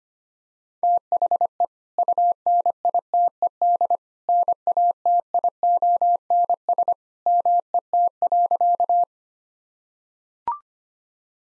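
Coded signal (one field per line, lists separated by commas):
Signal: Morse code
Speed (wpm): 25 wpm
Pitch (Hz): 700 Hz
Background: none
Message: THE UNITED NATIONS MET.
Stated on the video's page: 25 wpm Morse head-copy drill of sentences built on common two-word phrases; each is sent, spoken, then sent again.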